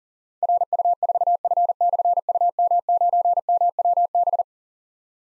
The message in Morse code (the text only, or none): RU4F/UM9MWB